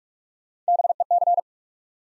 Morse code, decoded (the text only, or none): BEC